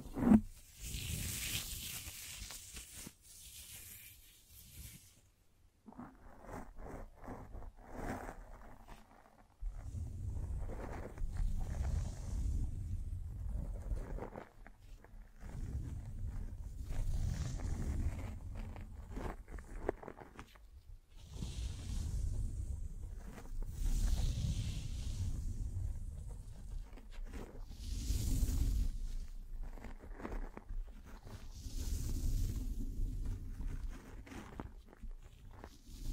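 Brushing and scratching against a microphone, with rough, uneven rustles that come in bursts and short pauses. Low rumbling thumps swell under most of the scratching, and bright hissy scrapes flare around the start and again near 20 to 30 seconds.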